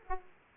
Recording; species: mosquito wingbeat signal from an infrared sensor; Aedes aegypti